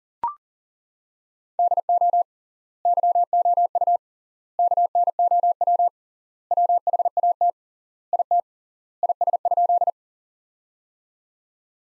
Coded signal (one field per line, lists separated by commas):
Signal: Morse code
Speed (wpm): 40 wpm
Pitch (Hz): 700 Hz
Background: none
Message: DO YOU KNOW WHAT IT IS?